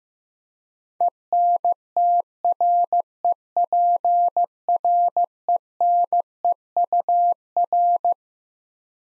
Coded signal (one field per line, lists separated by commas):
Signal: Morse code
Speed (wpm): 15 wpm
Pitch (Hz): 700 Hz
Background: none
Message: ENTREPRENEUR